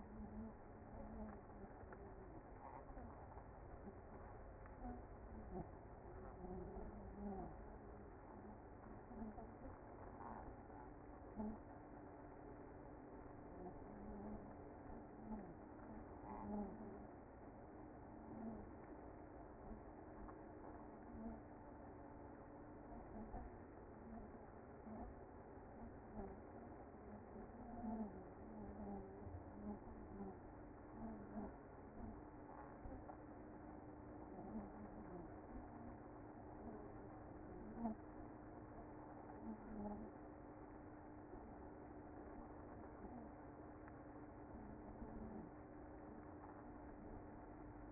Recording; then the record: honeybee colony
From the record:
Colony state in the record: active